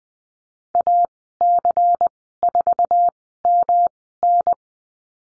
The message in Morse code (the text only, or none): AC4MN